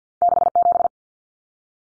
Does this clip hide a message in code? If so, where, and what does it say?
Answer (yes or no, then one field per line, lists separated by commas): yes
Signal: Morse code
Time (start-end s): 0.2-0.9 s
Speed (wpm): 50 wpm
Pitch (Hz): 700 Hz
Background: none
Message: 67